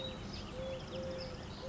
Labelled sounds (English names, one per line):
Eurasian Collared Dove